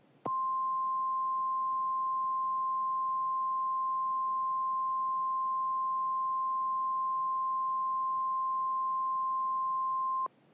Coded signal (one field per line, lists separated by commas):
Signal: Emergency Alert System (SAME) tones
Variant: 1050 Hz attention tone